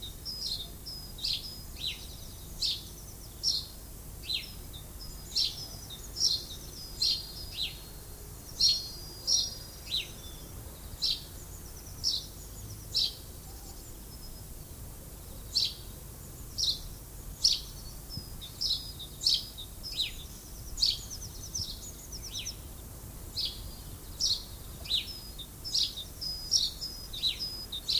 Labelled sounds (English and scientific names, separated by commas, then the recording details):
House Sparrow (Passer domesticus) song
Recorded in the wild
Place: Lübars, Berlin, DE
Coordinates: 52.6167, 13.35
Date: 2004-04-04 13:32
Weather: overcast, 14°C
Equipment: Fair Mate ST-1328 (Asahi Electronics, Japan), Sennheiser ME 80, Kopie Uher 4000 Report Monitor
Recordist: Tembrock, Günter